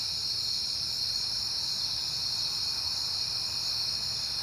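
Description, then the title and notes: Cricket chorus: a continuous high, shimmering trill from many insects, even and unbroken throughout, over a faint low hum. Recorded at night in September on a peaceful night; crickets heard often lately. "Night Time: Crickets and Passing Cars. It is September and I have been hearing the crickets a lot, but finally had a peaceful night to make the recording"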